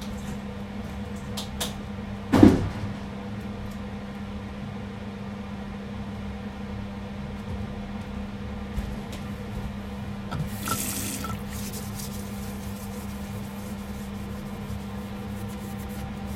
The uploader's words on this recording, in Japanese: 掃除と片付け。